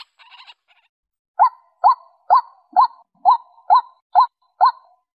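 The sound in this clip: White-breasted waterhen call: a short noisy burst, a pause, then eight evenly paced hooked 'kwak' notes about two per second.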